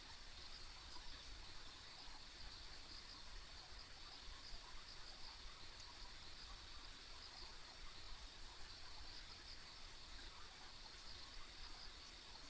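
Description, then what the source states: Steady insect chorus, a dense high trill with tiny pulses running the whole time, plus low-frequency rumble beneath. Ambient insect sounds on a country road.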